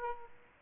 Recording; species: mosquito wingbeat signal from an infrared sensor; Aedes aegypti